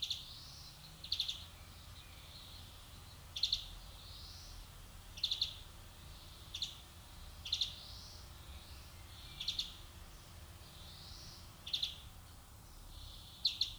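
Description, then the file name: European greenfinch calls: doubled chip notes repeated at short intervals, each trailed by a soft wheeze, with low background noise. "Chloris chloris"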